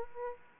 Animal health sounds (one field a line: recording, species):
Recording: mosquito wingbeat signal from an infrared sensor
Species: Aedes aegypti